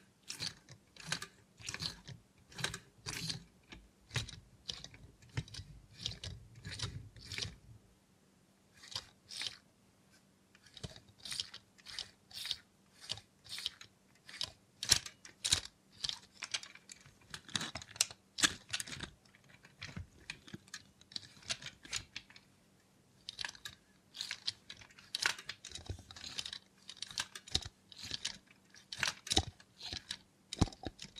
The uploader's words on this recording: Try ASMR with a Robot Hand (No Talking).